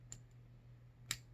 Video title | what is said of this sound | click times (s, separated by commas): Handcuffs. The #1 tool I used at my time with TDCJ. | hear the click, press it in, | 1.1 s